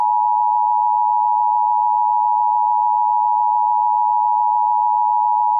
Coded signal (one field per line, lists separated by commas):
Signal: Emergency Alert System (SAME) tones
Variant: 853 and 960 Hz attention tone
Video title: My first real EAS video.............Northeast terror attack?